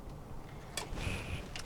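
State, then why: Seated. With the tower standing upright, a graphics card is pushed down into its motherboard expansion slot after an earlier click that sounded unconvincing. A sharp click comes at 0.8 s and a second at 1.6 s over a low background hum, with a faint steady high tone in between. The card is seated in the slot.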